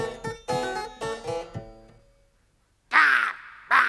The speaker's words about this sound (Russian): Говорящий ворон! Вот дают!